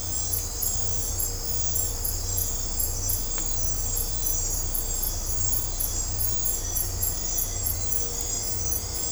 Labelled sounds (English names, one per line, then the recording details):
none
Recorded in dense forest near Puerto Asís, Putumayo, Colombia, on 20 December 2024 at 02:00
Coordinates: 0.503, -76.323
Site G043